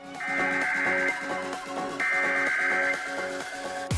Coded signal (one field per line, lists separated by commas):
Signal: Emergency Alert System (SAME) tones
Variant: header bursts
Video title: Iowa Required Monthly Test (November 3, 2021)